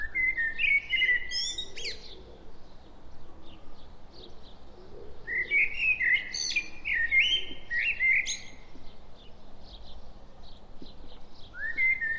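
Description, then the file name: Common blackbird song: several rich fluted phrases with shrill twittering flourishes, separated by pauses, among faint background chirps. "Turdus merula"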